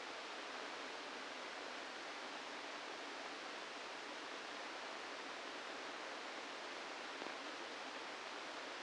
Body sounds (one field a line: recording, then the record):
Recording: brain microelectrode recording played as sound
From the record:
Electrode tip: inside the subthalamic nucleus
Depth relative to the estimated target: 0 mm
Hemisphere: right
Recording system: NeuroSet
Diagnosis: Parkinson's disease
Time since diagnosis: 8 years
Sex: male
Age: 65 years